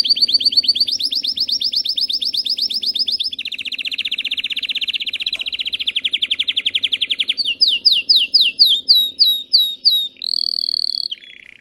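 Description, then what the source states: Canary song: long rapid trills of repeated high notes, shifting from one rolled phrase to the next, ending in slower spaced whistled slurs and a brief buzzy note. Singing Belgian canary, red frosted colour variety.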